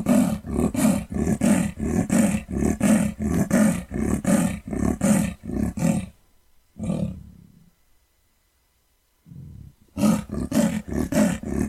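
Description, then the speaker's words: Amur leopard panting territorially: rough sawing rasps repeated rapidly for about six seconds, a pause with two grunts, then the rhythmic rasping resumes. "And hear the sound, the territorial pant of the Amur leopard."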